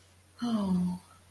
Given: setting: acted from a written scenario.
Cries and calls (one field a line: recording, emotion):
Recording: vocal sound without words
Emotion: guilt